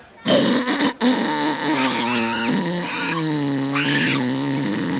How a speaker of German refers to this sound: Hui, hui, ihr habt das gehört. Das war ein Orang-Utan. Ja, der hat gegrunzt.